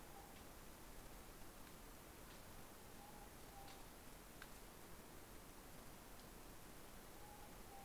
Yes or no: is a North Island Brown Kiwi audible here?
no